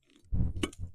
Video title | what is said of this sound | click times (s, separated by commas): The Tire that Made Me Cry… Almost! | it's locked into place | 0.6 s